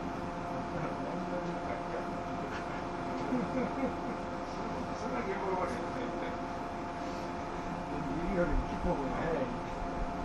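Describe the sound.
A Bantan Line train running, heard as a steady, even rumble with several fixed humming tones held throughout. Indistinct voices murmur over the noise, most noticeably around the middle and again near the end, where the sound swells slightly.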